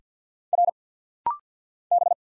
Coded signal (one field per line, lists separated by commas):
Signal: Morse code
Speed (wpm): 50 wpm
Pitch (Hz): 700 Hz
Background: none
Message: R B